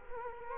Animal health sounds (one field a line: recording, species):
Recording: mosquito wingbeat signal from an infrared sensor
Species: Culex quinquefasciatus